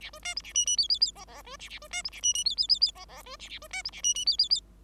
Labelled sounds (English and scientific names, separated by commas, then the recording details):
Bengalese Finch (Lonchura striata domestica) song
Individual Bird5